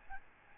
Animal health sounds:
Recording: mosquito wingbeat signal from an infrared sensor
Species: Aedes albopictus

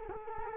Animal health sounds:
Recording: mosquito wingbeat signal from an infrared sensor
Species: Culex quinquefasciatus

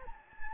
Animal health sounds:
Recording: mosquito wingbeat signal from an infrared sensor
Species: Anopheles gambiae

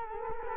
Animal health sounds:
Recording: mosquito wingbeat signal from an infrared sensor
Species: Culex quinquefasciatus

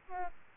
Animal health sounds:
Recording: mosquito wingbeat signal from an infrared sensor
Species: Aedes albopictus

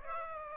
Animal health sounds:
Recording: mosquito wingbeat signal from an infrared sensor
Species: Aedes aegypti

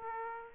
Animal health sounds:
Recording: mosquito wingbeat signal from an infrared sensor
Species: Aedes aegypti

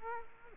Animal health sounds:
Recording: mosquito wingbeat signal from an infrared sensor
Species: Culex quinquefasciatus

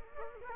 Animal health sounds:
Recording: mosquito wingbeat signal from an infrared sensor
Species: Culex quinquefasciatus

